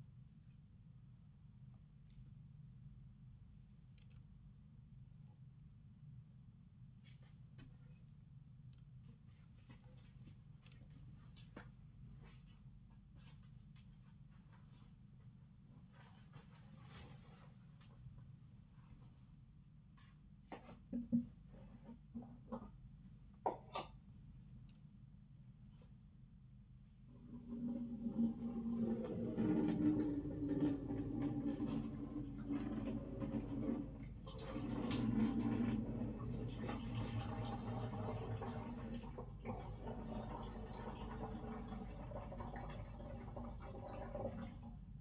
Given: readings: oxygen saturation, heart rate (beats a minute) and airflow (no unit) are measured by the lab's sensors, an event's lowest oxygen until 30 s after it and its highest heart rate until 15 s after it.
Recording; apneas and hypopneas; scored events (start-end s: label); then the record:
a person awake in a sleep study, by a smartphone at the bedside; none
0.00-45.01 s: awake
From the record:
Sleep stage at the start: awake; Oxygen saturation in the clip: 94 to 96%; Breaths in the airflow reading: 16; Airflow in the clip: -7.7 to 10.1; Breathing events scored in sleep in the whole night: 270 in 6.1 hours asleep